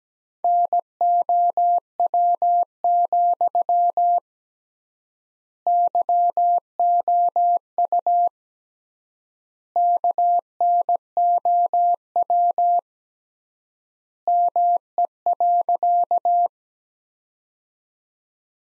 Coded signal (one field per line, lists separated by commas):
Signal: Morse code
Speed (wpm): 17 wpm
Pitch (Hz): 700 Hz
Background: none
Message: NOW, YOU KNOW ME.